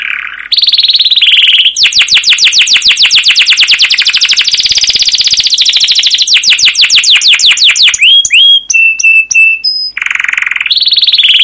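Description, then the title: Canary singing long rapid trills of repeated notes, followed by short clipped whistles and a buzzy burst, nearly unbroken. Canary singing long rolling trills (ngerol, gacor), used as a lure (pancingan) to train other canaries. "CUIT CUIT NGEROL LANGSUNG GACOR PANJANG Kenari Ini Utk Pancingan KENAR. Suara Burung Kenari Gacor Panjang cuit cuit Ngerol untuk Pancingan Kenari!"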